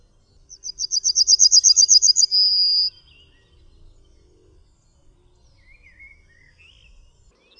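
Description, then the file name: Yellowhammer song: a quick run of many high, dry, repeated notes, closing on one long drawn-out note. "TRZNADEL"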